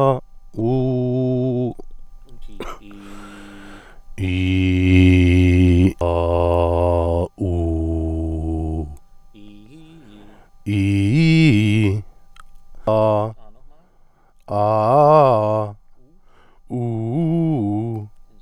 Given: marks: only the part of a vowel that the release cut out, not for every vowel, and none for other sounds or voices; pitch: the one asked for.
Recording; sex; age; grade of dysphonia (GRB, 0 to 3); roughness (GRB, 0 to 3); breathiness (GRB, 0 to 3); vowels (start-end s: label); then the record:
sustained vowels; male; 40 to 49 years; 0; 0; 0
0.68-1.61 s: vowel /u/, high pitch
4.32-5.78 s: vowel /i/, low pitch
6.11-7.14 s: vowel /a/, low pitch
7.54-8.69 s: vowel /u/, low pitch
14.63-15.55 s: vowel /a/, low-high-low pitch
16.81-17.90 s: vowel /u/, low-high-low pitch
From the record:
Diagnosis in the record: healthy voice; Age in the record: 40 years